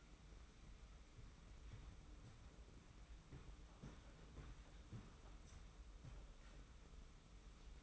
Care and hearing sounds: daily activity, microphone in the room; walk to room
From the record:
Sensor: 1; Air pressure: 991.0 hPa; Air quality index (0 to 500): 92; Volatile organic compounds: 34 ppm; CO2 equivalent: 3041 ppm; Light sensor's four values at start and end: 35/114/44/46 and 35/113/44/46

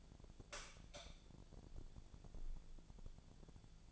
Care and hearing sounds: daily activity, microphone in the room; light on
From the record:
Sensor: 5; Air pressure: 1000.1 hPa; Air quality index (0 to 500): 98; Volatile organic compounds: 1 ppm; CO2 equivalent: 795 ppm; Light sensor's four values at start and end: 153/365/155/169 and 156/373/158/172

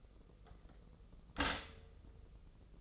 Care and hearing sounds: daily activity, microphone in the room; stop toaster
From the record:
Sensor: 4

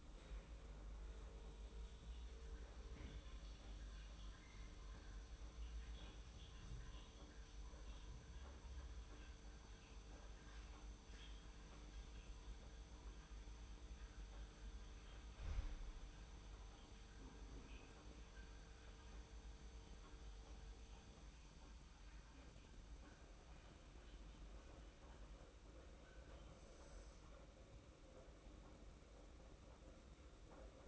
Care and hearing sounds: daily activity, microphone in the room; make coffee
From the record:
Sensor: 1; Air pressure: 991.7 hPa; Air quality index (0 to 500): 168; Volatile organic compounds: 1000 ppm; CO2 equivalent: 6327 ppm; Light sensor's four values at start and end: 32/107/41/43 and 32/108/42/43

